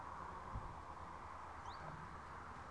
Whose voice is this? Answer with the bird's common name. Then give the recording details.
Common Chiffchaff. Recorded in Germany. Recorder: ecoPi